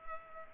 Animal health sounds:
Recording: mosquito wingbeat signal from an infrared sensor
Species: Culex pipiens

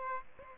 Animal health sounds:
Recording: mosquito wingbeat signal from an infrared sensor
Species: Aedes aegypti

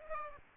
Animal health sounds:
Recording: mosquito wingbeat signal from an infrared sensor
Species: Aedes aegypti

